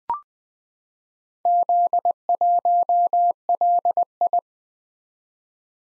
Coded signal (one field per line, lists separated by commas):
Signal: Morse code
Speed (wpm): 20 wpm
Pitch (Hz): 700 Hz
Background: none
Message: Z1LI